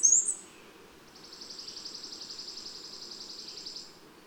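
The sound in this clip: Bird song: a brief sharp high note, then after a pause a rapid, even, high trill lasting about two and a half seconds, with a low steady hum.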